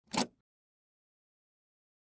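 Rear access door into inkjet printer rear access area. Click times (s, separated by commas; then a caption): 0.2 s. The plastic rear access door of an HP Photosmart C5180 inkjet printer is pushed back into the printer's rear access area while its middle release latch is squeezed. A single sharp, broadband snap at 0.2 s marks the door seating in place, followed by silence.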